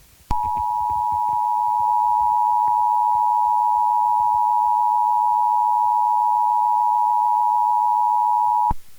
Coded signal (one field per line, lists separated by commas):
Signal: Emergency Alert System (SAME) tones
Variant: 853 and 960 Hz attention tone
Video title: COVID-X Part 2: An EAS Scenario